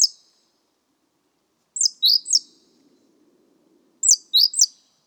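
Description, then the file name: Great tit giving a single high note, then two quick groups of three sharp descending notes, with faint low background noise. "Parus major"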